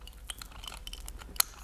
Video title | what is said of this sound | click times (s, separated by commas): No 3 Electro Magnetic Channel Locks - Installing the Magnets | here and clicks | 1.4 s